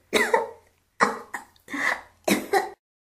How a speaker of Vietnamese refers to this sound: Cô ôm lấy cổ mình, sắc mặt bởi vì ho mà trở nên ửng hồng.